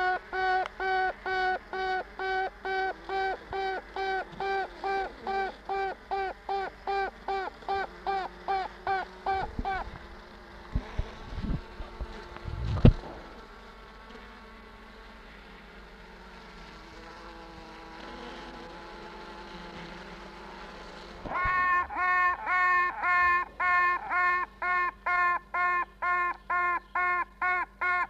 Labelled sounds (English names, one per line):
Honey Bee